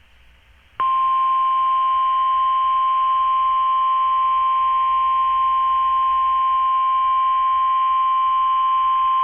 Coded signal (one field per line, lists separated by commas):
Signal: Emergency Alert System (SAME) tones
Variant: 1050 Hz attention tone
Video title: (EAS#175) Special Marine Warning